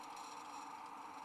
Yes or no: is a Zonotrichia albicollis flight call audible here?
no